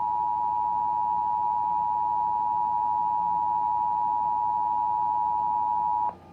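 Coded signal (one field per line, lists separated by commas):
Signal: Emergency Alert System (SAME) tones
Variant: 853 and 960 Hz attention tone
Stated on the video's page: 2021 national EAS test recorded from local TV and radio broadcasts, with distorted audio toward the end.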